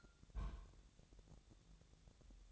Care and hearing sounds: daily activity, microphone in the room; place on stove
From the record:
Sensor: 3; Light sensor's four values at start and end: 7/17/7/7 and 7/17/7/7

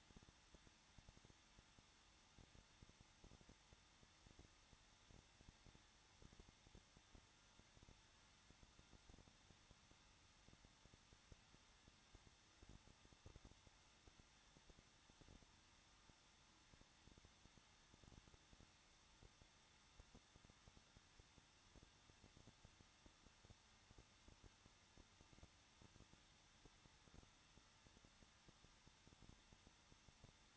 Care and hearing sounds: daily activity, microphone in the room; no activity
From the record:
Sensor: 3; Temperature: 21.2 degrees Celsius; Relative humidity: 36.4%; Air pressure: 1006.3 hPa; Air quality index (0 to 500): 223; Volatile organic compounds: 44 ppm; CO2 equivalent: 3204 ppm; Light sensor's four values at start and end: 2/3/2/2 and 2/3/2/2

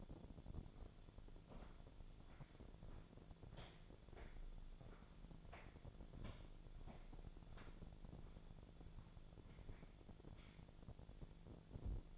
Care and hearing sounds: daily activity, microphone in the room; walk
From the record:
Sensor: 5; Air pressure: 1008.3 hPa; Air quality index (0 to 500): 151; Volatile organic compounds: 3 ppm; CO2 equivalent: 1456 ppm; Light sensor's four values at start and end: 62/174/68/68 and 62/173/67/68

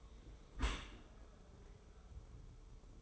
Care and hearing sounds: daily activity, microphone in the room; close dishwasher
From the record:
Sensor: 1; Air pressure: 1015.0 hPa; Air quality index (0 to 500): 24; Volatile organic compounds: 0 ppm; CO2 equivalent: 498 ppm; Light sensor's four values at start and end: 13/30/12/13 and 13/30/12/13

